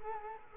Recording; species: mosquito wingbeat signal from an infrared sensor; Culex quinquefasciatus